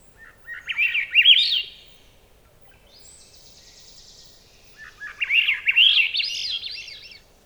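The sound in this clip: Swainson's thrush song: two rising, spiralling flute-like phrases climbing upward, about four seconds apart, with faint higher buzzy sounds between them.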